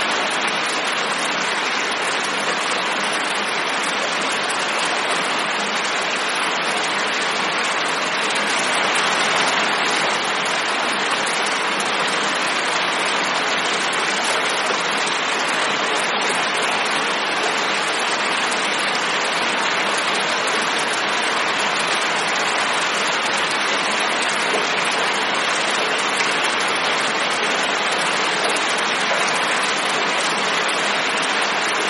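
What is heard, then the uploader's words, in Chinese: Steady night rain falls as a dense, even hiss, filling the mids and highs with constant patter and little change over the half minute. The sound is uniform, with no distinct thunder claps standing out, only a faint low rumble underneath. 助眠雷雨声 夜雨。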